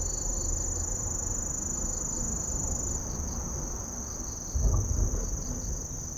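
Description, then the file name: Grass lark cricket song, a continuous high thin trill holding one pitch throughout, with a brief low thump near the end. "kusahibari"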